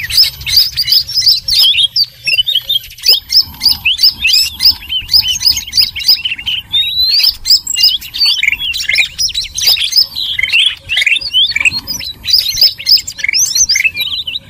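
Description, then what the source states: Bird chatter, sharp high chirps repeated rapidly throughout. Noisy bird chorus used as a lure for catching birds.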